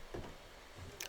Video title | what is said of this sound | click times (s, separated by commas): Dryer Screeching? How to Replace Dryer Idler Pulley. Full Dryer Service Tutorial with Voice #dryer | that goes around it just pops right in and Pops right out so it's not too bad but | 1.0 s, 1.1 s